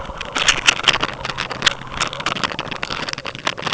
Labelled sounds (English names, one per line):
none